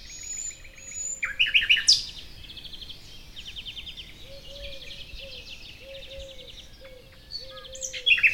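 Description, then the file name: Common nightingale song: loud clipped notes and quick chattering runs at the start and end, softer phrases between, and a low call repeated steadily underneath in the middle. "Luscinia megarhynchos"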